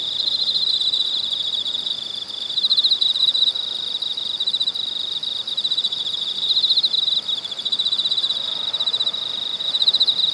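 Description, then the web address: Cicadas drone in a dense high-pitched chorus, pulsing quickly, with louder surges around the third, seventh and tenth seconds. Cicadas recorded in China. "soundlibrary Sound Scapes China Cicadas"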